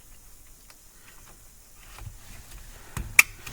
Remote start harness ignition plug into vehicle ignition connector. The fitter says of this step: to make sure it clicks in locks we're